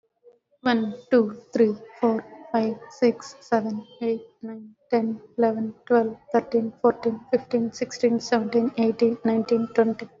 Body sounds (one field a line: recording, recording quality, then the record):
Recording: counting at a normal pace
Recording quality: excellent, no background noise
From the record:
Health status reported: recovered from COVID-19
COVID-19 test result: positive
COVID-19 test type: RT-PCR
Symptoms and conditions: cough, sore throat, fatigue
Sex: female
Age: 33 years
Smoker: no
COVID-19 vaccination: both doses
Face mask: worn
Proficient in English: yes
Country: India